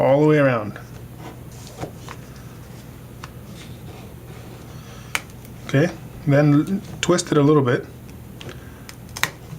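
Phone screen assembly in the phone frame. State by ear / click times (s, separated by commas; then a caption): released / 8.4 s, 8.9 s, 9.2 s. A pry tool is slid around an iPhone 4S's glass screen assembly and twisted to free it from the phone frame, while someone talks. Sharp clicks come at 8.4, 8.9, 9.2 and 9.2 seconds as the clips let go, and the screen assembly is released.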